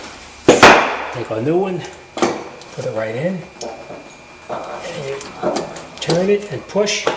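The new front CV axle's inner splined end on a Subaru is turned and pushed into the differential, where its retaining circlip will snap into place. A loud metallic knock sounds at 0.5 s, followed by lighter knocks around 2.6 s and 3.6 s while someone talks. Nothing has seated or clicked yet.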